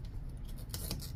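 A plastic fuel line quick connector is pushed onto the fuel pump module fitting, which only goes on one way, during a BMW X5 E70 fuel pump replacement. Over a low steady rumble, a sharp snap at 0.7 s is followed by a quieter click at 0.9 s. The connector is seated.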